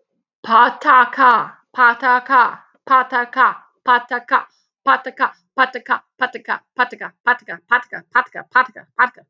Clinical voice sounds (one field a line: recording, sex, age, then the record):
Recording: repeated syllables /pa ta ka/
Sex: female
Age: 40 to 49 years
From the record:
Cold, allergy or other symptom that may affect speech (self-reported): no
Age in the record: 46 years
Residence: Pennsylvania, United States